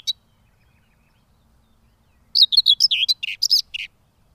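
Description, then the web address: Common whitethroat song: a brief note at the very start, then after a near-silent pause one short, scratchy, jerky warble of quick notes. "Madardalok Mezei poszáta"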